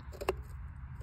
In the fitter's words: it wait to the satisfying click